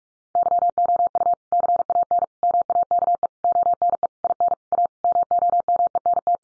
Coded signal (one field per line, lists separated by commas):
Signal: Morse code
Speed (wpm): 44 wpm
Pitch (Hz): 700 Hz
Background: none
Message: YOU CAN MAKE ONE IN A MOMENT